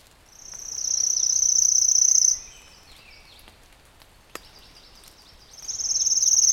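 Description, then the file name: Pale-legged leaf warbler song: a high, dry, insect-like trill held for nearly two seconds, then a long pause before a second trill begins at the end. "warbler-pale-legged-leaf a-Phylloscopus-tenellipes"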